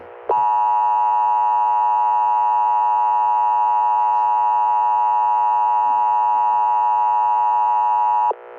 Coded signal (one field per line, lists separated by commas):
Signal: Emergency Alert System (SAME) tones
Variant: 853 and 960 Hz attention tone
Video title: special civil danger warning eas 2